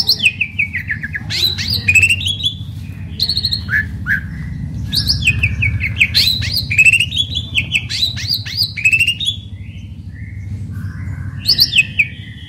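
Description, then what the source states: Asian pied starling song of bright whistled slurs and chattering notes delivered in bursts, over a steady low rumbling background noise. Indonesian name jalak suren; described as a champion bird.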